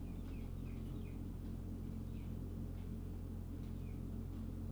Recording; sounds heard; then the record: poultry house recording; healthy chickens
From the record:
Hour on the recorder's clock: 20